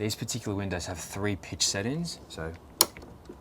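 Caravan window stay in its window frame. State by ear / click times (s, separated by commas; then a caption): seated / 2.8 s. Someone talks as a window stay on a Carrera iVenture III Off-Road 21'6" Family Bunk Caravan window is pushed further open in its frame. At 2.8 s the stay gives a sharp click as it seats into the second of its three pitch settings.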